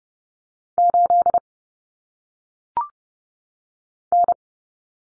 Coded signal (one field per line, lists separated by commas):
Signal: Morse code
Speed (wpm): 30 wpm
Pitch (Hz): 700 Hz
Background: none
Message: 8 N